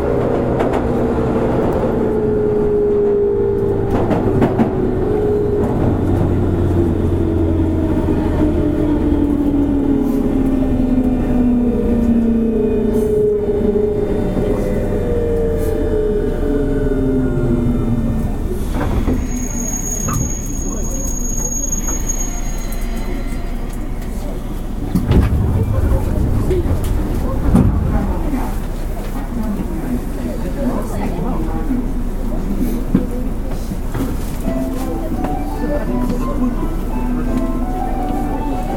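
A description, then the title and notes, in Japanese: Riding aboard a JR West 201 series train on the Osaka Loop Line, a steady low rumble fills the ride, with motor tones gliding downward through the first twenty seconds as the train slows. Thuds and clanks follow around 25 and 28 seconds, and voices murmur throughout. JR西日本 201系 大阪環状線外回り 大阪から天王寺まで。It is running noise of 201 series trains of JR West Japan.I recorded on a local train at Osaka loop line.The section is from Osaka to Tennoji.JR西日本 201系電車の走行音です。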